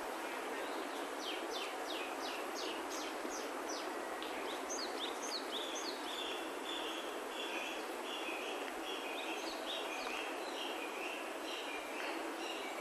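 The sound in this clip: Birds calling, with quick descending chirp series early on, then a jumble of overlapping short notes, all over constant broad background noise.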